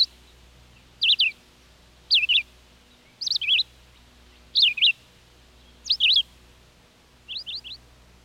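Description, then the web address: Red-eyed vireo singing short, slurred, whistled phrases, each a quick up-and-down twist, repeated about every second and a quarter, six phrases in all, in a quiet background. "101 Bird Songs. Red Eyed Vireo"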